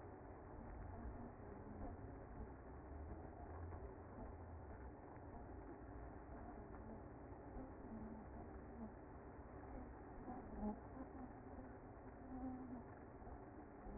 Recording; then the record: honeybee colony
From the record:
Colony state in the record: active